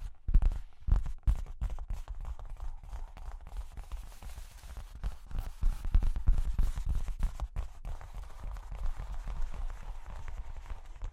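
Cork and wood being tapped and scratched, with dense irregular low knocks in the first half easing into a steadier, softer scraping texture.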